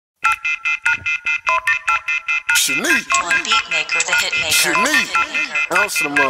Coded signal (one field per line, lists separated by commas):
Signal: telephone call progress tone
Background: speech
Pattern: off-hook warning tone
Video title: 14. DIAL TONE